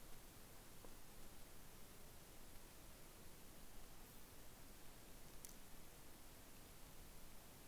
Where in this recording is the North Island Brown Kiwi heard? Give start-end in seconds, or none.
none